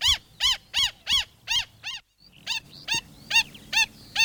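Black stilt yelping in a steady series of loud, arched notes, a brief pause, then the series resumes with softer notes between.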